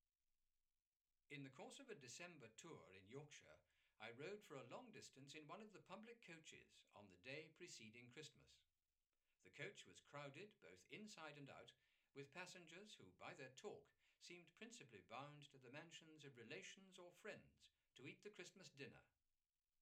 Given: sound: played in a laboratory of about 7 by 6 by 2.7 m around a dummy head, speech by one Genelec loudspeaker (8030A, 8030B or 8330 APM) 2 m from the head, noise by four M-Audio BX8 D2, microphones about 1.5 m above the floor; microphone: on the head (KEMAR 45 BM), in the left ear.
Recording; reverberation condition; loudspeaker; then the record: male speech in English; low; 60 degrees to the left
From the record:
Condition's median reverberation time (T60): about 310 ms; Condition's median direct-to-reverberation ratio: about 3.5 dB